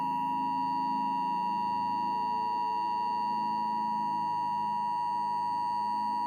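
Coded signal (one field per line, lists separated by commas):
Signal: Emergency Alert System (SAME) tones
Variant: 853 and 960 Hz attention tone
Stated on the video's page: Genuine valid EAS tones used in a fictional creepypasta.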